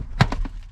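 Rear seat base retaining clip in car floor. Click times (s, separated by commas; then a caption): 0.2 s. A rear seat base is lifted by hand from the middle on an Audi S3 8V until its retaining clip pops free from the car floor with a sharp hit at 0.2 s. A few fainter knocks follow at about 0.3, 0.5 and 0.6 s, and the clip is released.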